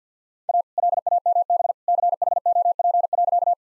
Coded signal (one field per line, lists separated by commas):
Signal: Morse code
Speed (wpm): 50 wpm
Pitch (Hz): 700 Hz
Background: none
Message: A LAMB CHOP.